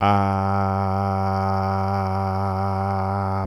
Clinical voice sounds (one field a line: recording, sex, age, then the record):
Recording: sustained vowel /a/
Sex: male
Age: 50 to 59 years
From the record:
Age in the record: 51 years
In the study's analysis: included